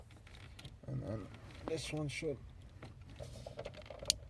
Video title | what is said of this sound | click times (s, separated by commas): Toyota turbo timer and harness install | snap into place. There we go. | 4.1 s